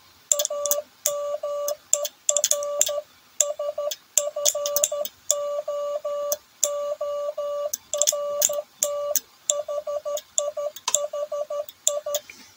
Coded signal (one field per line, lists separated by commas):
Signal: Morse code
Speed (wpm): 13 wpm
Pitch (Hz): 1160 Hz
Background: none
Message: AMERSFOORT HI HI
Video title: Twaalf seinsleutels / Twelve Morse Keys